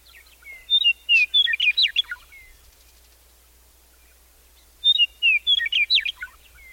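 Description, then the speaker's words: Western meadowlark song, two phrases of clear flutey whistles tumbling into a quick gurgling jumble, separated by about two and a half seconds of quiet, with a faint low hum. Sings in open grassland downhill from a ponderosa pine savanna. "Downhill, the trees give way to an open grassland where a western meadowlark sings."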